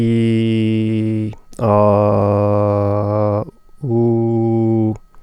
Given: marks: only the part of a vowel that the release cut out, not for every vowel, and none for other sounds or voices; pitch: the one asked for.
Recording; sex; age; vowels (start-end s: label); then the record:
sustained vowels; male; 20 to 29 years
0.00-1.18 s: vowel /i/, normal pitch
1.92-3.32 s: vowel /a/, normal pitch
3.94-4.85 s: vowel /u/, normal pitch
From the record:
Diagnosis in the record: healthy voice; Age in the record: 28 years